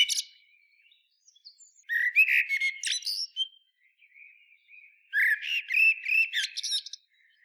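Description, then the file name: Common blackbird song: two mellow warbled phrases, the second longer, each breaking into high scratchy twitters. "Turdus merula"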